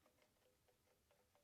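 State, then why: Not seated. A Ryobi 40V Expandit string trimmer's spool head is turned by hand on the trimmer housing, lining its arrows up with the eyelet holes to reach the aligned detent. Light, evenly spaced plastic ticks sound at about 0.1, 0.2, 0.7, 1.1 and 1.4 seconds as it turns. Nothing has seated or clicked into place yet.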